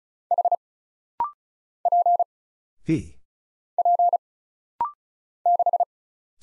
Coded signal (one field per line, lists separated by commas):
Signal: Morse code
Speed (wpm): 36 wpm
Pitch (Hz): 700 Hz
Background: none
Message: H P P 6